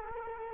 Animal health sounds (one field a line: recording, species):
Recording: mosquito wingbeat signal from an infrared sensor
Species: Culex quinquefasciatus